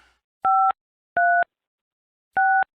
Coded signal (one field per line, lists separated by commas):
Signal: DTMF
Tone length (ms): 290 ms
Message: 536